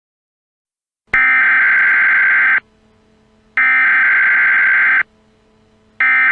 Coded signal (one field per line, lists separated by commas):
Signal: Emergency Alert System (SAME) tones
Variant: header bursts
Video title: EAS Scenario #7 - GEOSTORM